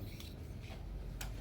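A laparoscopic telescope or working instrument is pushed into its working channel during a laparoscopy equipment demo. Soft rubbing and sliding sounds with a small knock at 0.2 s lead up to a sharp click at 1.2 s. The instrument locks and is seated in the channel.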